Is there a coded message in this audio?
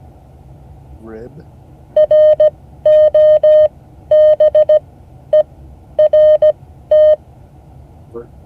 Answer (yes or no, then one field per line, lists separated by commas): yes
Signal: Morse code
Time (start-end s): 2.0-7.1 s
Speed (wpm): 16 wpm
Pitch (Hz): 610 Hz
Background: speech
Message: ROBERT